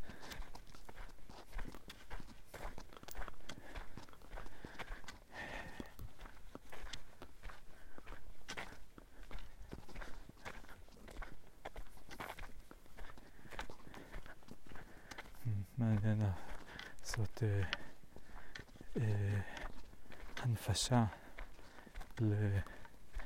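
A daily walk in the forest: steady, uneven footsteps crunch throughout, with frequent sharp taps and rustles. After about fifteen seconds, short bursts of a low voice join in several times, alternating with the continuing steps.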